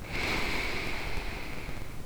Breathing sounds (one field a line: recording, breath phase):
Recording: one breath near a microphone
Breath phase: inhalation